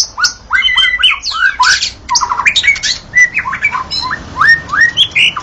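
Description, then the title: White-rumped shama song, dense and continuous, mixing rising whistles, harsh rattles and rapid slurred notes with barely any gaps. Natural song of a forest white-rumped shama. "Kicau Asli Murai Batu Hutan"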